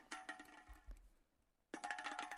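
A metal can clatters and rattles as it is handled, two bursts of bright, tinny scraping with a ringing metallic tone, separated by a short lull with a soft low thump.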